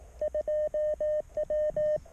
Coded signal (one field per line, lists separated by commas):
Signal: Morse code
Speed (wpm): 18 wpm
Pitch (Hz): 610 Hz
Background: radio noise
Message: 2W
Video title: QRP. 9v battery 2Watts